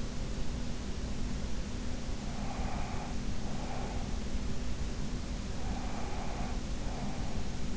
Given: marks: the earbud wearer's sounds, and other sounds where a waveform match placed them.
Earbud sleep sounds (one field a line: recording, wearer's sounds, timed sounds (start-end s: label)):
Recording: sounds in sleep by an in-ear microphone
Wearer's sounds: breath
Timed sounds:
2.34-4.12 s: breath
5.49-7.38 s: breath